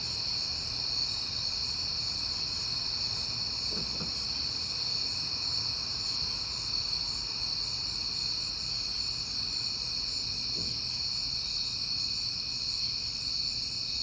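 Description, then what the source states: Crickets chirping in a steady, unbroken high-pitched chorus, with two faint brief sounds near four and ten seconds. On a peaceful night in September.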